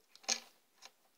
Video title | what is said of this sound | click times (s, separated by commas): A-button Складная пуговица на ножке и с дырочками - всегда в цвет. Альтернатива обтянутым пуговицам | и просто делаем вот так до щелчка все нравится | 0.3 s